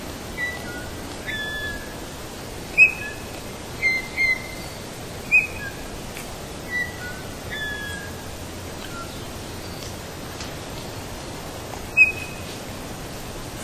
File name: bullfinch